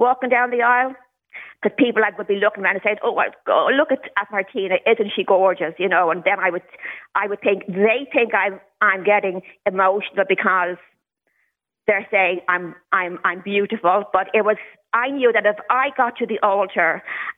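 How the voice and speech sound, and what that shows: An adult woman with a lifelong stutter speaks in bursts with repeated whole words ("think they think", "I'm, I'm, I'm beautiful"), hard glottal starts, stretched sounds and pauses over a second. These are the blocks and repetitions of adult stuttering.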